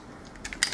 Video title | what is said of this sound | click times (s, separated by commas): Transformers Masterpiece 20th Anniversery Optimus Prime | and they will click into place just like that | 0.6 s